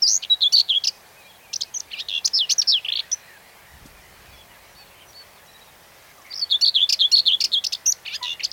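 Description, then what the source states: Common whitethroat delivering three rapid scratchy warbled phrases, each about a second or more long, the second after a short pause and the third after a pause of about three seconds. Song recorded 8 June 2020.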